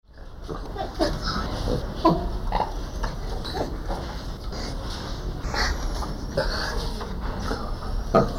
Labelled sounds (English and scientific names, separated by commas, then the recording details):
Brown Howler Monkey (Alouatta guariba)
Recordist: Tembrock, Günter